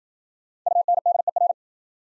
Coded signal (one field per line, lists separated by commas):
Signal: Morse code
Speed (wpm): 55 wpm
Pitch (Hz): 700 Hz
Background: none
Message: UNDER